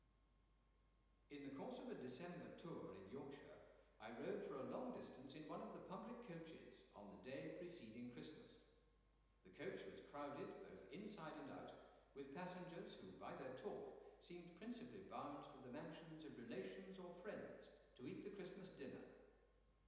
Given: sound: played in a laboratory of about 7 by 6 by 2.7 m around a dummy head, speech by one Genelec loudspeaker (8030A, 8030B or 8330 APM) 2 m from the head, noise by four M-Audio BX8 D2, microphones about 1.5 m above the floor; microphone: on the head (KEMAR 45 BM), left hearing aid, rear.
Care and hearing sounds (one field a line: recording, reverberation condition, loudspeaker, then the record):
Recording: male speech in English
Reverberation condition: high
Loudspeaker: 150 degrees to the left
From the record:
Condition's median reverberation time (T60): about 1300 ms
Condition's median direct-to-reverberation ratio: about -4.0 dB